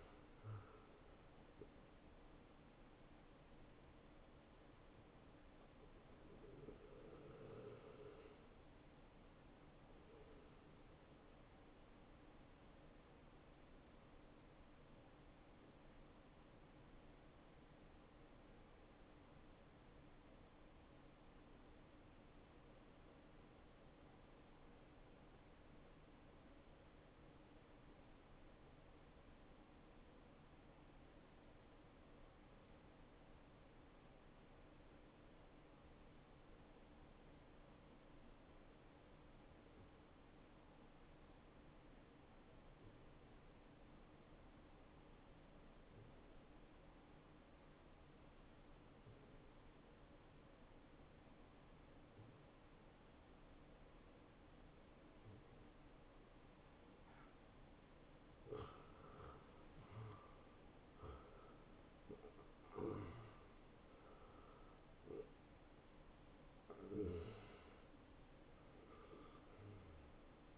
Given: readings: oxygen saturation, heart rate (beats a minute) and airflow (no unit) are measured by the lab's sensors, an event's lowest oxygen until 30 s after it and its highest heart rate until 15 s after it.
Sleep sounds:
breathing in sleep by a voice recorder at the bedside; 1
10.00-40.00 s: new sleep stage, N1 (lightest sleep)
18.00-55.40 s: obstructive apnea (N1, oxygen 96% highest, then 86% lowest, heart rate 64 at the start, 74 highest)
40.00-70.57 s: new sleep stage, N2 (light sleep)
From the record:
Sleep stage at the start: N2 (light sleep); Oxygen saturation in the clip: 88 to 96%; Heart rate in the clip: 56 to 76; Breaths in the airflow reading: 9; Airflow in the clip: -13.4 to 8.3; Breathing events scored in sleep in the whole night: 263 in 5.5 hours asleep

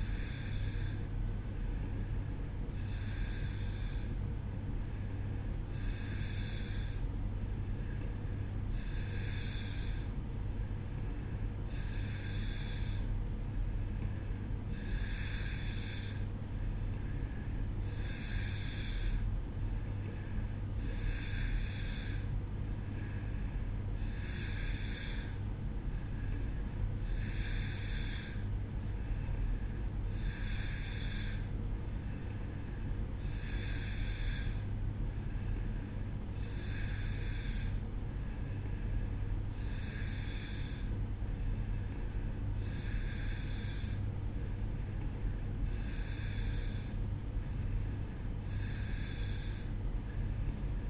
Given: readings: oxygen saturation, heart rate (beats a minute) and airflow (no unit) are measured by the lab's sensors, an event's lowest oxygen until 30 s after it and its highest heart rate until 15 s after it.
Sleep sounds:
breathing in sleep by a smartphone at the bedside; none
none scored
From the record:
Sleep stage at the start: N2 (light sleep); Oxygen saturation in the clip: 90 to 91%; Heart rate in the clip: 62 to 65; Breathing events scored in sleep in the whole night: 305 in 9.6 hours asleep

